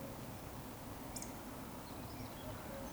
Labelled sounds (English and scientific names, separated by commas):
Eurasian Woodcock (Scolopax rusticola)